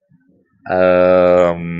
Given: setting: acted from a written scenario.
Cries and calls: vocal sound without words; embarrassment

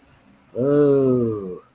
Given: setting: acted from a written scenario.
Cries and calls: vocal sound without words; contempt

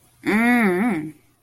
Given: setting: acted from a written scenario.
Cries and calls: vocal sound without words; desire

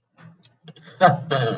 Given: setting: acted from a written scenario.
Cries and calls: vocal sound without words; positive surprise

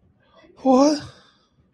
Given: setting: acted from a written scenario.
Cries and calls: vocal sound without words; sadness

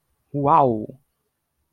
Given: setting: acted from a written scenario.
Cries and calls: vocal sound without words; awe

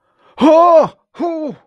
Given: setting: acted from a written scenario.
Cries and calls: vocal sound without words; elation

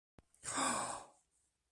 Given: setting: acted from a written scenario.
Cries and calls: vocal sound without words; awe

